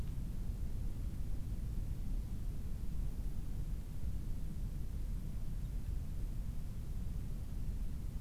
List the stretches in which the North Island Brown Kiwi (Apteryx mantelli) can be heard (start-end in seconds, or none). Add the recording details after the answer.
none. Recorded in New Zealand on 18 October 2015. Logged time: 23:14. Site BR12